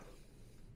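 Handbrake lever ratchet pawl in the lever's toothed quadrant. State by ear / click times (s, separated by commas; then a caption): not seated / none. A VW T25 Vanagon handbrake lever is being handled, with its ratchet pawl in the lever's toothed quadrant, ready to be pulled up two notches during cable adjustment. Only a steady, low hiss and rumble is heard. Nothing has clicked or seated yet.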